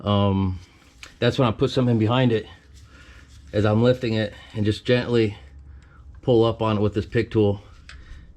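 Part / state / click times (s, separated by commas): wheel speed sensor wiring connector unplugging from its mating harness plug / released / 7.9 s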